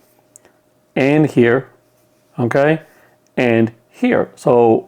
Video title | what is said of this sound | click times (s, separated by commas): Insta360 for Real Estate: Elevating Your Property Tours to New Heights! | right snaps right in there no problem | 0.4 s